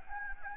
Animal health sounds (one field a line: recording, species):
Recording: mosquito wingbeat signal from an infrared sensor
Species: Anopheles gambiae